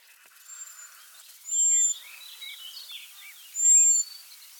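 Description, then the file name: European robin giving two clear, very high, thin drawn-out whistles about two seconds apart, with a fainter one earlier and soft twittering notes between. "Erithacus rubecula"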